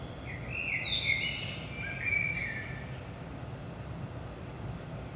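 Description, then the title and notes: Common blackbird song, a mellow fluting phrase followed by a squeaky high twitter, with a constant low rumble underneath. Recorded at 5 am in the early morning in Saint-Gilles, Belgium, with DPA 4060 microphones in AB position into a Zoom F3. "Saint-Gilles, Belgique - 5am Blackbird. Blackbird in the morning. Merle au petit matin"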